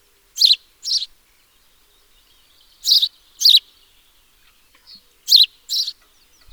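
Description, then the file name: House sparrow chirps, loud and harsh, given in quick pairs, with three pairs spread throughout and silence between them. "Passer domesticus"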